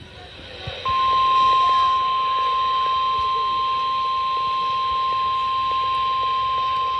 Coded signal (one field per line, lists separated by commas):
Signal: Emergency Alert System (SAME) tones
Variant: 1050 Hz attention tone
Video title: EAS Alerts 8057-8068 At Camp From 07/16/25